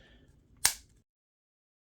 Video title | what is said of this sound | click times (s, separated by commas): Samsung Galaxy Z FLIP 4 Cases Review | you'll see the finger loop just snaps back into place on both sides | 0.7 s